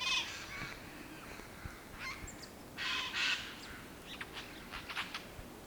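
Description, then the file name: Eurasian jay giving harsh, rasping screeches, one at the start and a double burst near three seconds, with scattered softer scratchy notes afterward. "Garrulus glandarius"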